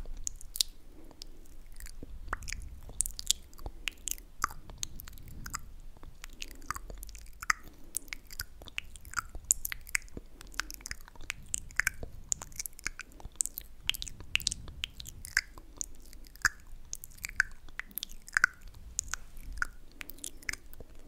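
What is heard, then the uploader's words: Mouth sounds: wet, clicking chewing and smacking that keeps going for the whole stretch, with sharp crisp ticks arriving several times a second at an uneven rate. A soft low rumble sits underneath and swells now and then, and the clicks get louder and bite harder toward the end. Sleepy Mouthsounds.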